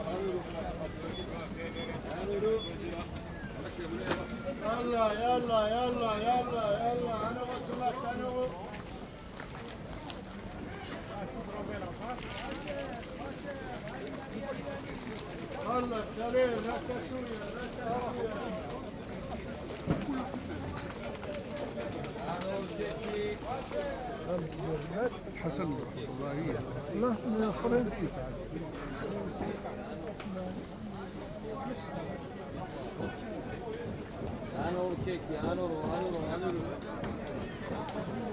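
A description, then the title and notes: A busy outdoor market with many overlapping voices, chatting and calling out continuously. Around five to eight seconds one voice rises in a sing-song, vendor-like cry. Traffic stays faint, a low murmur beneath the steady crowd. Marché D'Aligre. This is one of my favorite recordings that I captured whilst in Paris. The sound of a proper French market, captured early enough that the din of traffic is barely present. On a Saturday morning.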